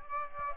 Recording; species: mosquito wingbeat signal from an infrared sensor; Aedes aegypti